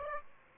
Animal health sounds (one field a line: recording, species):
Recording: mosquito wingbeat signal from an infrared sensor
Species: Aedes aegypti